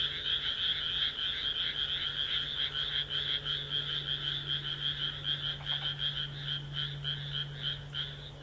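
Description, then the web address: Frogs croak in a thick, continuous chorus that loosens into more separate pulses near the end, over a steady low hum. "kaeru kaeru"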